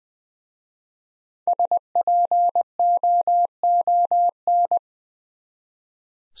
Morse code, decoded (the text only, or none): SPOON